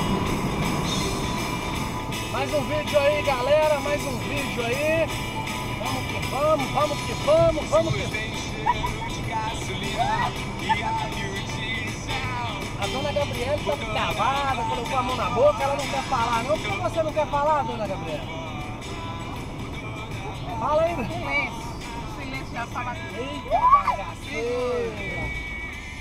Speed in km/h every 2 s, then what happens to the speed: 124, 126, 128, 130, 131, 128, 124, 123, 123, 121, 115, 83, 73.
0-8 speeds up to 131. 8-26 slows to 73.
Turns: none.